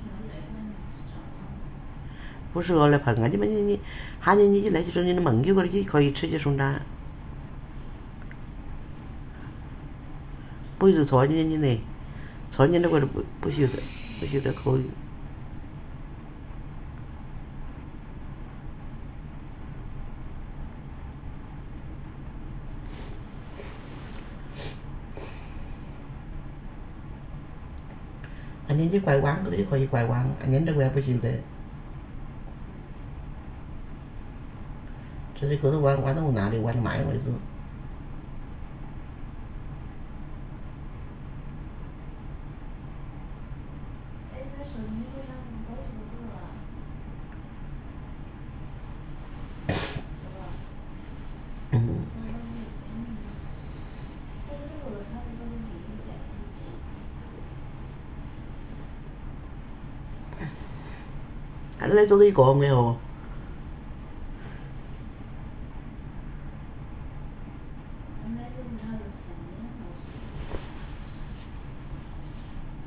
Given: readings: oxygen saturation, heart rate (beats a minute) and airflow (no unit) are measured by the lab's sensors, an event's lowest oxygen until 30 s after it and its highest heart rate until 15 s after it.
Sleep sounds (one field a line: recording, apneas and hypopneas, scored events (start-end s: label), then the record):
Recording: a person awake in a sleep study, by a smartphone at the bedside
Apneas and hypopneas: none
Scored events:
0.00-72.87 s: awake
0.00-72.87 s: awake
From the record:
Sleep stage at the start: awake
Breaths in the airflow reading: 24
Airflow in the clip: -0.7 to 0.8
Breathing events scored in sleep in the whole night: 328 in 6.3 hours asleep